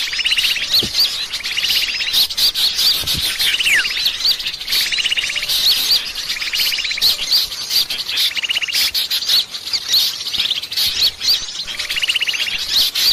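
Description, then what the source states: Birds chirping in a dense high chorus, with short buzzy trilled bursts returning roughly every two seconds among quick twittering notes. Lure recording, 'pikat 1000 burung', meaning a lure for a thousand birds, used to attract birds.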